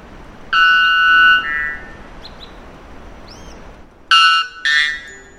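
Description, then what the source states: White bellbird song: a loud note held for about a second, then after a pause two short, loud blasts in quick succession. Male song, used to impress mates; the loudest bird call ever documented; recorded by researchers from Brazil; volume turned down for broadcast.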